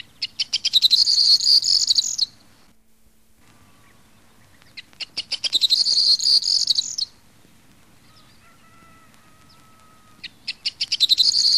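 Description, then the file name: Corn bunting song: jangling phrases every few seconds, each a run of quickening ticks and dry rattles, the last cut off; faint thin whistles between phrases. "STRILLOZZO"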